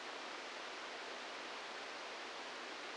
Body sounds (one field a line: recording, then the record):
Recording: brain microelectrode recording played as sound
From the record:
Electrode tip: outside the subthalamic nucleus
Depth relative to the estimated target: 2 mm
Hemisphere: left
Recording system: NeuroSet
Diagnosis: Parkinson's disease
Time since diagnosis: 15 years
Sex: female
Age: 59 years